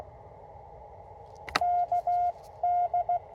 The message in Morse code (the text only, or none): K D